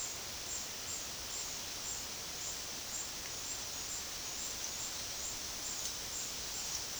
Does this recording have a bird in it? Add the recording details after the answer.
no. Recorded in secondary vegetation near Puerto Asís, Putumayo, Colombia, on 21 February 2024 at 12:00. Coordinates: 0.472, -76.331. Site G6371